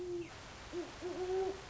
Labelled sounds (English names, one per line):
Great Horned Owl